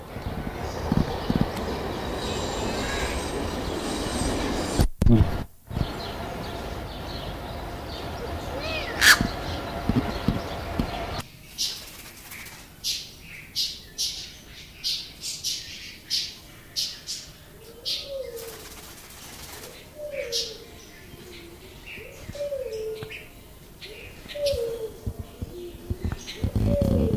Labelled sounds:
Silver-eared Mesia (Leiothrix argentauris) call
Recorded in captivity
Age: adult
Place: Zoo Berlin, Berlin, DE
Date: 2000-04-04 12:46
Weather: cloudy, ca. 13°C
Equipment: Nagra SN, Kopie Uher 4000 Report Monitor
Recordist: Tembrock, Günter

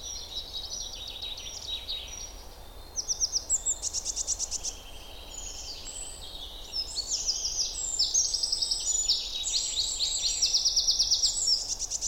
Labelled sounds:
Eurasian Wren (Troglodytes troglodytes)
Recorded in the wild
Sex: male
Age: adult
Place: Müggelsee, Berlin, DE
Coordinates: 52.43, 13.64
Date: 1990-04-20
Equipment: Uher 4400 Report Monitor, Sennheiser ME 80, K 30 AV
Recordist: Fischer, Stefan

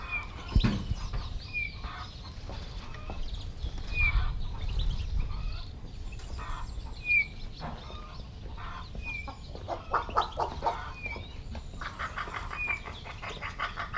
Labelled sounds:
Common Raven (Corvus corax) call
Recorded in captivity
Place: Serrahn, Mecklenburg-Vorpommern, DE
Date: 1969-05-10
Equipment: Nagra III BH, Sennheiser MD 421
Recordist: Schubert, Michael

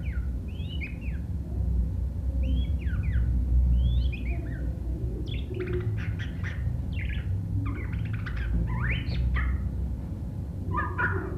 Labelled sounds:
White-rumped Shama (Copsychus malabaricus) song
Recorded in captivity
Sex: male
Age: adult
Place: Hannover, Niedersachsen, DE
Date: 1967-12-25
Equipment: Hornyphon Bandgerät, Phillips Mikrofon Type EL 6020
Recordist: Lütgens, Hans

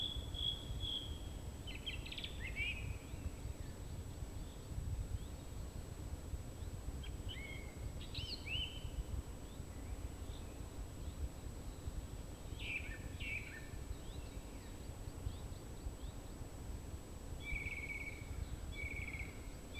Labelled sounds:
Song Thrush (Turdus philomelos) song
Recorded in the wild
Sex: male
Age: adult
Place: Spittal an der Drau, Oberkärnten, Baden-Württemberg, DE
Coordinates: 48.5167, 9.01667
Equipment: Hornyphon, Phillips Mikrofon
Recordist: Brunner, Thomas

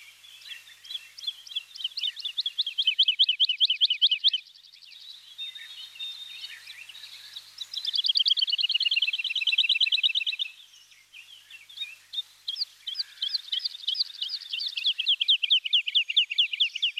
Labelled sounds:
Wood Lark (Lullula arborea) song
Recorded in the wild
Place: St. Laurent des Arbres und Umgebung, FR
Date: 2004-05-26
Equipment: MiniDisc Sharp MT 20 H, Telinga DAT, Telinga-Parabolspiegel
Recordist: Schwarz, Dieter

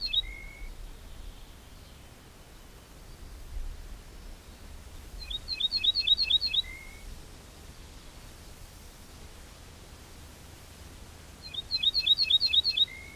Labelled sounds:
Ortolan Bunting (Emberiza hortulana) song
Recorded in the wild
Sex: male
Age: adult
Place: Schloß Holte-Stukenbrock, Senne, Nordrhein-Westfalen, DE
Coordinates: 51.8683, 8.6575
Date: 1967-04-30
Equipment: Uher 4000 Report-S, Bändchenmikro Beyer M 260, Parabolspiegel Polyester (470 mm)
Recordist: Conrads, Klaus

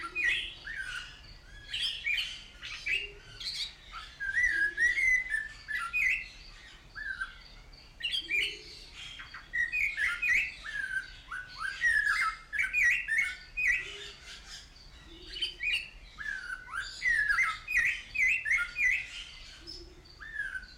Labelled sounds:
Snowy-crowned Robin-Chat (Cossypha niveicapilla)
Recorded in captivity
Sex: male
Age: adult
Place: Zoo Berlin, Berlin, DE
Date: 1993-01-01 10:13
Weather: sonnig, -5°C
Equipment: Marantz CP 430, Sennheiser ME 80, Kopie Uher Variocord 263
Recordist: Tembrock, Günter
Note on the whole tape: Gesang (sehr variabel, mit Motiv-Wiederholungen)

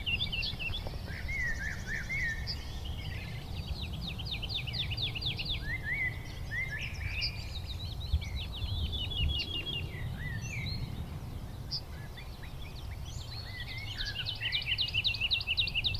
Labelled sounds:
Wood Lark (Lullula arborea) song
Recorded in the wild
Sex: male
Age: adult
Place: Schönow, Naturpark Barnim, Brandenburg, DE
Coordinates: 52.6938, 13.507
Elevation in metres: 68
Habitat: heath
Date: 2014-04-23 16:38
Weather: cloudy, 20°C, weak wind
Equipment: Sound Devices 702, Sennheiser MKH 70, Rycote Windschutz
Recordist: Frommolt, Karl-Heinz

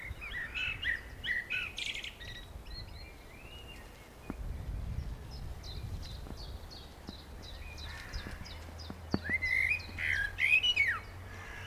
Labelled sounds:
Common Blackbird (Turdus merula) song
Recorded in the wild
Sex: male
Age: adult
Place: Friedhof Niederschönhausen III, Berlin, DE
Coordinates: 52.5706, 13.3875
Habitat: city cemetery
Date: 1987-04-18 13:17
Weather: sunny, 10°C
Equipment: Nagra SN, Kopie Tesla B 116
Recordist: Tembrock, Günter

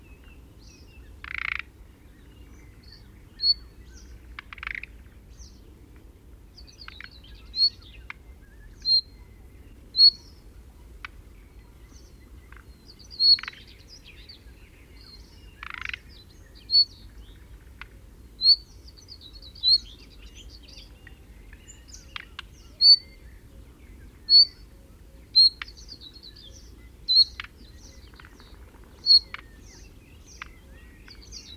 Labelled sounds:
Thrush Nightingale (Luscinia luscinia) call
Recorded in the wild
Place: Schönfeld, Brandenburg, DE
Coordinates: 53.396, 14.001
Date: 1988-06-17 06:16
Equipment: Nagra III BH, Sennheiser MD 21, parabola
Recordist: Schubert, Michael

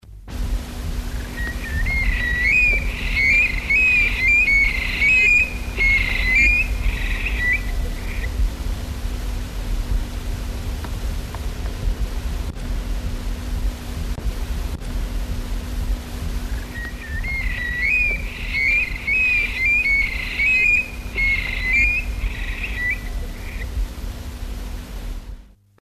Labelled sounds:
Eurasian Stone-curlew (Burhinus oedicnemus) call
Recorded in the wild
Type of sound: call
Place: Cala Millor, Mallorca, ES
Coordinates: 39.6, 3.38
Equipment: Halbspur, 9,5 cm/s
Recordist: Lütgens, Hans
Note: Rufe

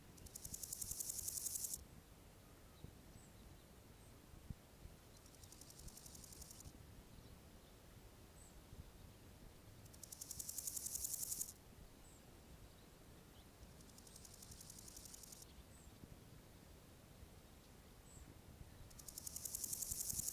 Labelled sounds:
Water-meadow Grasshopper (Chorthippus montanus) stridulation
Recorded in the wild
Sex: male
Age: imago
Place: Summt, Grundstück, Brandenburg, DE
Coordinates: 52.6931, 13.3619
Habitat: Garten, Wiese
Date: 1971-07-25 15:55
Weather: bedeckt, etwas gewittrig, ca. 27°C
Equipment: Uher 4000 Report-Monitor, Sennheiser MD 421
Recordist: Tembrock, Günter

